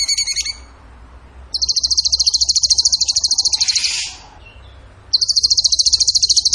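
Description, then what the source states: Bird song: a few short high notes, then long rapid high-pitched pulsed trills, broken by a buzzy descending sweep before the trilling resumes. Masteran (training recording) of bird song in the tembakan gacor style.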